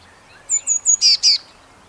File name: Cyanistes caeruleus